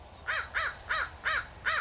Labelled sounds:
Acorn Woodpecker (Melanerpes formicivorus)
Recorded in Sonoma County, California

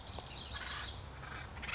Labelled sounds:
Acorn Woodpecker (Melanerpes formicivorus)
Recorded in Sonoma County, California

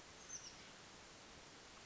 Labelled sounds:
Oak Titmouse (Baeolophus inornatus)
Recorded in Sonoma County, California

